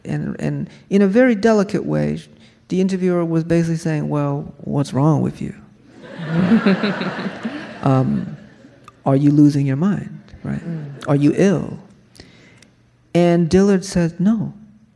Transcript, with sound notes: And in a very delicate way, the interviewer was basically saying, well, what's wrong with you?
(LAUGHTER)
Are you losing your mind, right? Are you ill? And Dillard said, no.